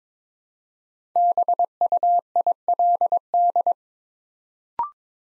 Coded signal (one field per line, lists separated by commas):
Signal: Morse code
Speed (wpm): 22 wpm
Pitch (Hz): 700 Hz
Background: none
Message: BUILD